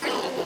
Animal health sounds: pig call; piglet (1 to 25 days)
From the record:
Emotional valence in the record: positive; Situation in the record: huddling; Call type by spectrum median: low-frequency call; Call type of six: low-frequency stable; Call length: 0.46 s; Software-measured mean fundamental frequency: 68 Hz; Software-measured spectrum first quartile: 523 Hz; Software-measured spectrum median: 1051 Hz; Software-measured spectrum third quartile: 2768 Hz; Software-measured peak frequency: 496 Hz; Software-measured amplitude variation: 113 dB a second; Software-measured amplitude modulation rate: 27.2 a second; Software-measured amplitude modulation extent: 4.2 dB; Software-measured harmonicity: 1.1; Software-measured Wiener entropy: -1.54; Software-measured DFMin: 1012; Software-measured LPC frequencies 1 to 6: 563, 2022, 2959, 4404, 4910, 6056 Hz

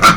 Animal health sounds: pig call; piglet (1 to 25 days)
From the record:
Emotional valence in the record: positive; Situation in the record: reunion after long isolation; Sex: female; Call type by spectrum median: low-frequency call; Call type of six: low-frequency tonal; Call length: 0.16 s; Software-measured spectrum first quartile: 1171 Hz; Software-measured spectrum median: 1517 Hz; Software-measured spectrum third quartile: 3413 Hz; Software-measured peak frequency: 1358 Hz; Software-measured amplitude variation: 113 dB a second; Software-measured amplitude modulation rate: 3.1 a second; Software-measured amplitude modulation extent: 36.7 dB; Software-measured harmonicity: 3.1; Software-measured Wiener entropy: -1.99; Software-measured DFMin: 645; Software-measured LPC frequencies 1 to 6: 1338, 2236, 3206, 4007, 4894, 5861 Hz

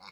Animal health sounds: pig call; piglet (1 to 25 days)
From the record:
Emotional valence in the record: positive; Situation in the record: reunion after long isolation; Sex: male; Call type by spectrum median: low-frequency call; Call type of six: low-frequency tonal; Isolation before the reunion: 8 minutes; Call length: 0.12 s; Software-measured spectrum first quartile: 1279 Hz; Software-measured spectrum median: 2315 Hz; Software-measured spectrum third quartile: 4424 Hz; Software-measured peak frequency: 2199 Hz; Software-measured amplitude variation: 84 dB a second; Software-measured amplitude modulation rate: 4.3 a second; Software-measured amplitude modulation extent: 19.7 dB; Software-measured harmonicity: 0.2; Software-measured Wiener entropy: -1.86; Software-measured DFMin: 1401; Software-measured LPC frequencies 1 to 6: 966, 2250, 3897, 4427, 5245, 6669 Hz

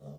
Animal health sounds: pig call; piglet (1 to 25 days)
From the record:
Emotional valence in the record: negative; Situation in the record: short isolation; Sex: female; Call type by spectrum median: low-frequency call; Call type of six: low-frequency stable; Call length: 0.19 s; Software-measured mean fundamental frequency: 50 Hz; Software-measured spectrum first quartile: 154 Hz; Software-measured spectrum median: 252 Hz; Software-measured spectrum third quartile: 583 Hz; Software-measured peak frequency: 210 Hz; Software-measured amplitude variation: 101 dB a second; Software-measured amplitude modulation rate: 13.0 a second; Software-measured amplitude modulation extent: 7.8 dB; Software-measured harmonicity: 1.4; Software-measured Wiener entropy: -0.07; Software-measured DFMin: 625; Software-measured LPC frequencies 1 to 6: 579, 3571, 5504, 7208, 8423, 9135 Hz

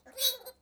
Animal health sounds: pig call; piglet (1 to 25 days)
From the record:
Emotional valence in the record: negative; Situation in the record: restrain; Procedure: back test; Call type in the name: high-frequency call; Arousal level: maximum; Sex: female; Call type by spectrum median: high-frequency call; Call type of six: high-frequency stable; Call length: 0.61 s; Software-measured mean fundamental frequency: 276 Hz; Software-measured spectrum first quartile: 3821 Hz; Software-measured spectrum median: 6138 Hz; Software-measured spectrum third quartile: 11669 Hz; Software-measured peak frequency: 3880 Hz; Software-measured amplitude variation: 259 dB a second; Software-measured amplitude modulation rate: 11.4 a second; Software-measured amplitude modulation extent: 22.7 dB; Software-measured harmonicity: 3.8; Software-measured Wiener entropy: -2.84

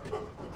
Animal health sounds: pig call; growing-finishing pig (85 days or more)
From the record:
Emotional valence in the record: positive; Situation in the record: run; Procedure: transit

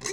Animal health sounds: pig call; weaner (32 to 43 days)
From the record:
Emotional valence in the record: negative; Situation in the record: short isolation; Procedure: open field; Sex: female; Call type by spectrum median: high-frequency call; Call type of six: high-frequency stable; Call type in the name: high-frequency stable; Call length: 0.12 s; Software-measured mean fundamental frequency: 139 Hz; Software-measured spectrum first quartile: 872 Hz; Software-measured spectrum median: 3423 Hz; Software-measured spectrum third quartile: 6202 Hz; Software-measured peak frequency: 389 Hz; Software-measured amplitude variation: 146 dB a second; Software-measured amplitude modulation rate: 8.2 a second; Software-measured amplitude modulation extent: 17.8 dB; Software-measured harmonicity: 2.3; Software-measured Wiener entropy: -1.75

